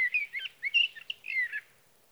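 Sage thrasher song, a string of quick slurred whistles and warbled phrases that fades out after about one and a half seconds.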